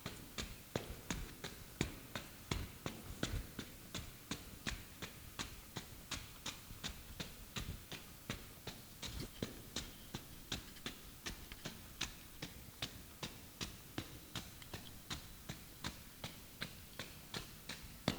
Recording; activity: daily activity, guitar pickup as the sensor; run